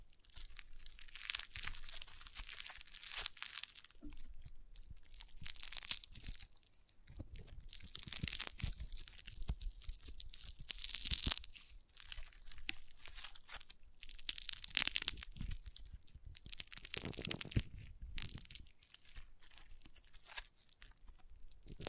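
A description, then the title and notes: Crunchy slime being squeezed and worked produces dense bursts of crackling and crinkling, bright and gritty, coming in uneven waves every couple of seconds. The loudest crunches land around 6, 11, 15 and 17 seconds, with brief quieter gaps between handlings. ASMR Satisfying Crunchy Slime (No Talking).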